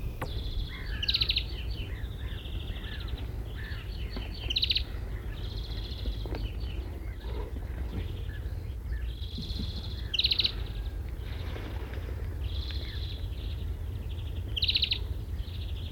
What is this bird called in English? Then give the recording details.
European Greenfinch. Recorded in the wild. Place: Landow, Insel Rügen, Mecklenburg-Vorpommern, DE. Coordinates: 54.408, 13.265. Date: 1970-04-25. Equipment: Nagra III BH, Sennheiser MD 21. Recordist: Schubert, Michael. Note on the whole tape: Bei Landow: Grünfink Rufe